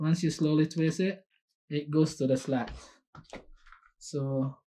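A plastic quick-release propeller is pushed down onto the motor mount of a DJI Air 2S drone and slowly twisted toward its locking slot while someone talks, with a few faint handling sounds in a pause near the end. The propeller has not seated or clicked into its slot yet.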